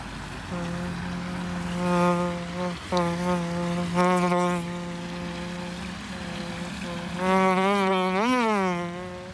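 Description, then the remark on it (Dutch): A human voice imitates a buzzing fly with a steady, nasal drone, briefly interrupted a couple of times, then wavering up and down in pitch toward the end. “Zal ik de vlieg doen? Ja, doe even de vlieg.”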